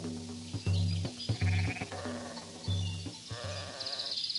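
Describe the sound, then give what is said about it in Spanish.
Six sheep bleat in quick succession, their wavering, nasal cries overlapping in a loud, steady chorus with no one speaking. “Al día siguiente, el muchacho se encontró con el viejo al mediodía. Traía consigo 6 ovejas.”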